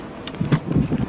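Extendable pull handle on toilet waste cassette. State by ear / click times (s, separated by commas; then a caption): not seated / none. The extendable pull handle on the toilet waste cassette of an Autotrail F60 (2023) is swung around from underneath, with brief light knocks near 0.3 s and 0.4 s over low rumbling, wind-like noise. The handle has not yet locked into place; nothing has clicked or seated yet.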